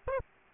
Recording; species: mosquito wingbeat signal from an infrared sensor; Aedes aegypti